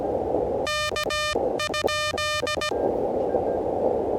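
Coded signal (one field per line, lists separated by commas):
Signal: Morse code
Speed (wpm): 16 wpm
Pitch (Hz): 2400 Hz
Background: radio noise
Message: K?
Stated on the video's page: 20 m POTA park activation at 16 WPM on an Elecraft KH1.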